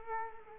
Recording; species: mosquito wingbeat signal from an infrared sensor; Culex quinquefasciatus